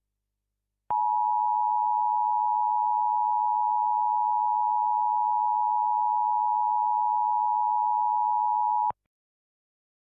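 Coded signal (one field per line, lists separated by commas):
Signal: Emergency Alert System (SAME) tones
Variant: 853 and 960 Hz attention tone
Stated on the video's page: Fictional EAS scenario.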